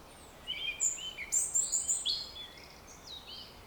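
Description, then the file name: European robin song of rapid, high notes and thin whistles, changing pitch from note to note, loudest for about two seconds, then softer. "Erithacus rubecula"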